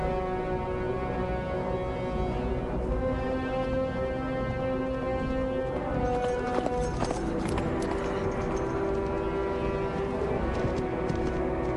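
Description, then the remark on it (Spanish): A white horse gallops into a forest, its hooves pounding in a quick rhythmic patter that grows sharper midway, set against a steady, droning tonal background. “A lomos de su caballo blanco se adentra en un bosque.”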